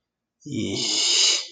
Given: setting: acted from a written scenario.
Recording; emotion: vocal sound without words; contempt